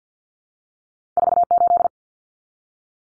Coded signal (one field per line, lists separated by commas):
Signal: Morse code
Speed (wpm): 50 wpm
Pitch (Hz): 700 Hz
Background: none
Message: 48